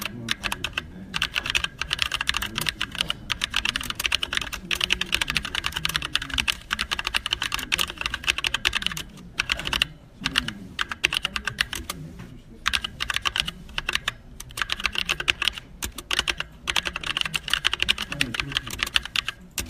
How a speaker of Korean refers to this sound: 예, 방금 들으신 이 소리는 기계식 키보드를 치는 소리입니다. 아, 기계식 키보드라 소리는 좀 크지만 아, 치는 맛이 찰지고 그리고 마치 타자기를 치는 듯한 그런 키감을 제공하는 게 특징이죠.